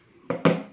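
A small clip on a wireless lavalier microphone is snapped onto a spot on clothing or a mount. Two sharp clicks are heard at 0.3 and 0.5 seconds, the second one louder, and the clip is seated.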